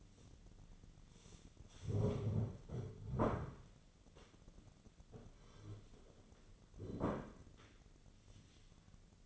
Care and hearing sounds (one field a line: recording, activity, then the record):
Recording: daily activity, microphone in the room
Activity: stand up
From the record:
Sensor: 4